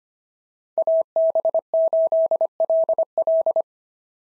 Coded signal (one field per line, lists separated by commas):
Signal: Morse code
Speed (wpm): 24 wpm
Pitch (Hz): 650 Hz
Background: none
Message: AB8LL